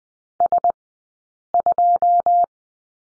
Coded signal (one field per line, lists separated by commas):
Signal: Morse code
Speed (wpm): 20 wpm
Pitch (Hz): 700 Hz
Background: none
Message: S2